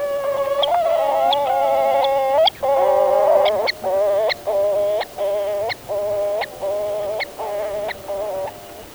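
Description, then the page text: Black-capped petrel calling in a series of nasal, harmonic wailing notes, the first ones long and drawn-out, later ones shorter, each ending in a sharp upward flick. Caribbean endemic bird. "Endemic Bird of the Day: Black-capped Petrel"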